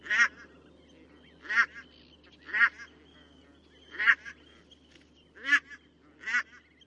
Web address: barnacle goose call